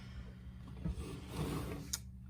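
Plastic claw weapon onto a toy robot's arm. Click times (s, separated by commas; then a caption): 1.9 s. A plastic claw weapon, the Aegis Toriga, is slid onto the arm of a DX ToraDoraGonJin toy robot over a steady low hum with faint scraping and rubbing. A single sharp snap at 1.9 s marks the claw seating into place.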